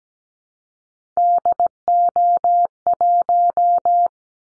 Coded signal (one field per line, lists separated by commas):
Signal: Morse code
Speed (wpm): 17 wpm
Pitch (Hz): 700 Hz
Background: none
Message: DO1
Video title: Callsign Prefixes for Top 25 DXCC 17wpm